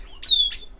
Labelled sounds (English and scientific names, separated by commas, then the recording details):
Stitchbird (Notiomystis cincta) song
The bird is a male
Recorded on Tiritiri Matangi Island, New Zealand, in 2005
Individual 17, of nest box 25